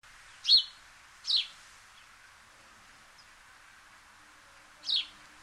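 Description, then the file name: House sparrow giving three short, harsh chirps, two close together, then a pause of over three seconds before the last, over a faint steady hiss. "Passer domesticus"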